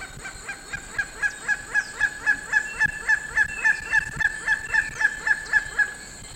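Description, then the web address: Gray-headed kite giving a rapid, even series of clipped, harsh notes, close to four each second for several seconds, over a continuous high-pitched hum. South America, eastern lowlands. "Natures Songs S America Eastern Lowlands. Gray-headed Kite"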